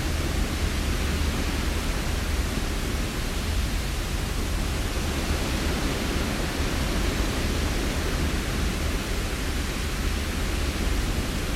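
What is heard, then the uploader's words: A steady wash of hiss fills the whole clip, even and unbroken from start to finish, with a slightly brighter top. Beneath it sits a low, constant fan-like rumble with faint flutter, like air moving past a motor. Nothing else stands out. Deep Blue Noise for Sleep. We have blended blue noise with natural sounds like fans and wind to make a "warmer" sound.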